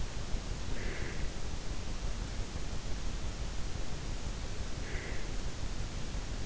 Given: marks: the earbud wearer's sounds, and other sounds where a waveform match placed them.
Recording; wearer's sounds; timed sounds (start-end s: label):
sounds in sleep by an in-ear microphone; breath
0.62-1.37 s: breath
4.76-5.49 s: breath